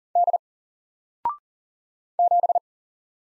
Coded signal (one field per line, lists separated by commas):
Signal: Morse code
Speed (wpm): 40 wpm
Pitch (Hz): 700 Hz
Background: none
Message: D 7